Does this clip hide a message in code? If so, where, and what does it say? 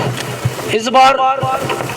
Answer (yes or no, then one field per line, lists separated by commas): no